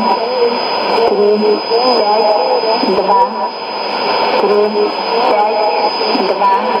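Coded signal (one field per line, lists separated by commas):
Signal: numbers station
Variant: S06s, Russian female voice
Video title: 10 10 2017 Numbers station S06s Russian Lady in Russian to Eu 0800 on 11635 unknown tx site in CUSB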